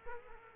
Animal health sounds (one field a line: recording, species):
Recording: mosquito wingbeat signal from an infrared sensor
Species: Culex quinquefasciatus